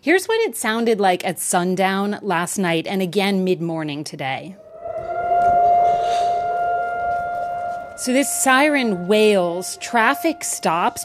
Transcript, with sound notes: Here's what it sounded like at sundown last night and again, mid-morning today. (SOUNDBITE OF SIREN) So this siren wails, traffic stops.